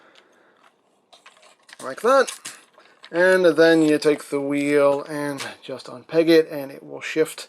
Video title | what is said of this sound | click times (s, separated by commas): JinBao KO Upscaled Generation Toy Scraper (Scrapper) | you just slide to hand out give it a tug get a lock into place like | 1.1 s, 1.3 s